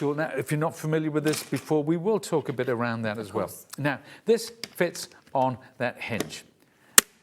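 Someone talks while fitting a plastic stencil tool onto the hinge of a Sizzix craft stamping platform and pushing it down. After a brief quiet, a single sharp, loud snap sounds at 7.0 s as the tool seats in place on the hinge.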